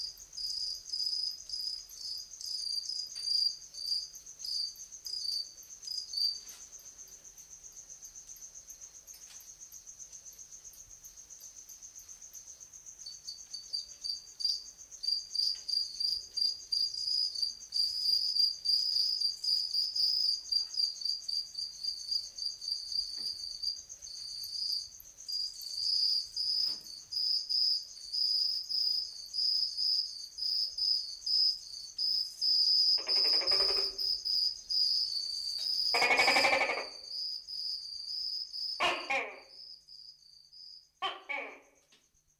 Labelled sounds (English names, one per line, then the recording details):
Tokay Gecko
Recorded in captivity
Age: diverse
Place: Zoo Magdeburg, Sachsen-Anhalt, DE
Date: 1989-05-12 12:29
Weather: bedeckt, z.T. Regen, 12°C
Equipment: Sony WM-D6C, Kopie 19 cm
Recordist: Tembrock, Günter